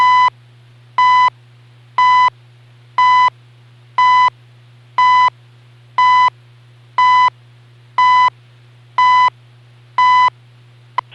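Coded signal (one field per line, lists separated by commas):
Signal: radio time signal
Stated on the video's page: Canadian shortwave time signal on 3.33, 7.85 and 14.67 MHz, received on a Raddy RF320 portable radio, near and away from the transmitters.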